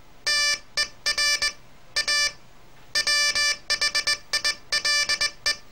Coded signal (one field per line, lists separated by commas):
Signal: Morse code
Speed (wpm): 21 wpm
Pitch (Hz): 1750 Hz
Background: none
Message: TER A WHILE